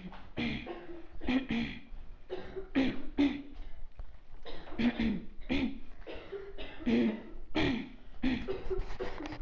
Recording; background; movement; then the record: throat clearing; a bystander coughing; walking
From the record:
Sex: female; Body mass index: 22.6 kg/m2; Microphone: on the chest, facing outward